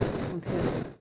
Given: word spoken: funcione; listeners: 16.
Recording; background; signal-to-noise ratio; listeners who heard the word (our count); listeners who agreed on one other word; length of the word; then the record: one Spanish word in noise, from a listening test; noise modulated by three-talker babble; -5.7 dB; 0 of 16; 8 of 16; 0.60 s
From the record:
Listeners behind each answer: 8, 5, 3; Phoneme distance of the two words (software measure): 7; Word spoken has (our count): 3 syllables, 8 phonemes, stress on syllable 2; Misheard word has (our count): 2 syllables, 7 phonemes, stress on syllable 2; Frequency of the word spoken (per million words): 4.81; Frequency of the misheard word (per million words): 145.17